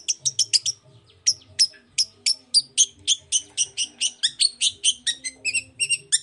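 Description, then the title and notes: Long-tailed shrike singing a fast series of sharp, clipped high notes, about three or four per second, after a short opening stutter. Morning song of a long-tailed shrike (cendet), varied 'toet toet' notes, used as a lure to provoke other shrikes into answering. "Cendet Gacor Dor Di Kala Pagi Toet Toet Variasi Suara. Pancingan Emosi Cendet Gacor Full Variasi Toet Toet Bikin Nyaut Cendet Lain Langsung Ikutan Bunyi. Burung cendet"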